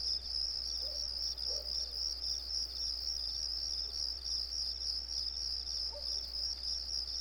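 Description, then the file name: Cricket song as rapid, regular high chirps running the whole time, a low steady hum underneath and only a couple of faint softer calls. Recorded on a residential street. "Residential Street With Crickets"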